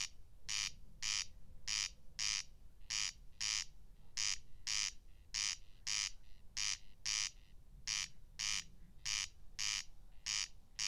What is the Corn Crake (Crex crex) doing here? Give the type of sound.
song